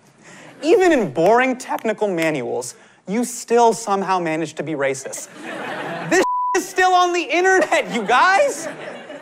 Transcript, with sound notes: even in boring technical manuals, you still somehow managed to be racist.
(LAUGHTER)
This [expletive] is still on the Internet, you guys.